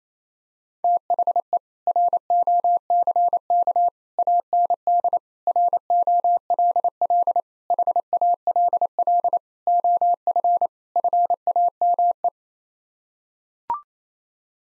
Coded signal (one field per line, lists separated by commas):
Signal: Morse code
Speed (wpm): 28 wpm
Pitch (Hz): 700 Hz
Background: none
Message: THE ROCK AND ROLL HALL OF FAME